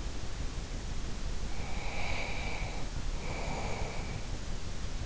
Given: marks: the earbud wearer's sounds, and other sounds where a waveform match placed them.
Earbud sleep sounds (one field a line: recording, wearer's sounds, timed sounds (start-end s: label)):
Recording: sounds in sleep by an in-ear microphone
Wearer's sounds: breath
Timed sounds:
1.54-4.32 s: breath